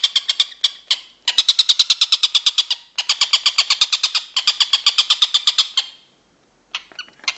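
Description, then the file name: Stork-billed kingfisher delivering rapid, grating repeated notes in several runs, fading out before a short final burst. "tengkek buto om andri"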